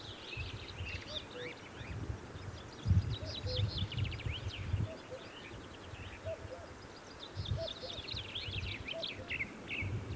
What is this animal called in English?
Ring Ouzel